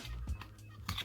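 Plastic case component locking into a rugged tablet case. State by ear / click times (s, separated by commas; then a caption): seated / 0.9 s. A plastic piece of a Supcase Unicorn Beetle Pro rugged case for a Samsung Galaxy Tab A, either the kickstand or the cover piece, is pressed back into place on the case over a steady low hum with music. A faint tap sounds at 0.4 s, then a sharp snap at 0.9 s as the part locks into the case.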